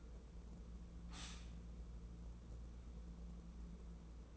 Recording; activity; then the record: daily activity, microphone in the room; stop toaster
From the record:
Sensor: 1